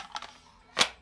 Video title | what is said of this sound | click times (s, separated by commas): Shaq Sponsors a Buyback, Beretta Xtreme A400, Peltor Ear Protection — R&R | slide it over until it locks and then with the ease of a One Snap | 0.8 s